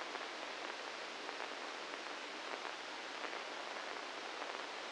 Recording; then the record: brain microelectrode recording played as sound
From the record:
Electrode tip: inside the subthalamic nucleus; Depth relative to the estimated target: 0 mm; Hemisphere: left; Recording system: NeuroSet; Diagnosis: Parkinson's disease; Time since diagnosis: 9 years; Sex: male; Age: 61 years